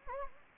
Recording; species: mosquito wingbeat signal from an infrared sensor; Anopheles gambiae